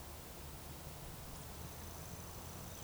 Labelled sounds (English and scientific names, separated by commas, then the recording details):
Eurasian Woodcock (Scolopax rusticola) whistle
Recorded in Baden-Württemberg, Germany, on 25 June 2020 at 19:53 UTC
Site 43791, 788 m above sea level